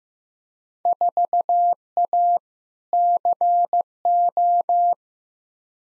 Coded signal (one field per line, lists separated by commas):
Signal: Morse code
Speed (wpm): 15 wpm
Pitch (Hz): 700 Hz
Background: none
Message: 4A CO